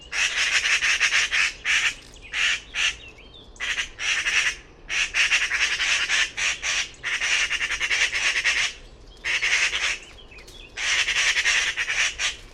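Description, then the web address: Bird producing repeated grating, buzzy bursts of rapid pulses, some short and some lasting over a second. "cianscape birddata Deverinetal"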